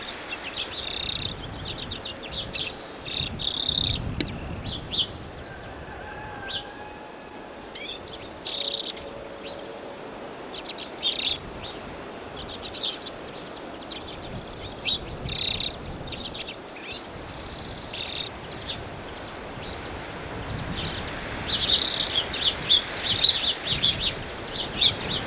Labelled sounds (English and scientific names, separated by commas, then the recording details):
Common Redpoll (Carduelis flammea) call
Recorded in the wild
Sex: male
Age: adult
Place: Kuchelmiß, Mecklenburg-Vorpommern, DE
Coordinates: 53.667, 12.347
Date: 1978-05-01
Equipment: Nagra III BH, Sennheiser MD 21, parabola
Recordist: Schubert, Michael
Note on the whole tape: Birkenzeisig adultes Männche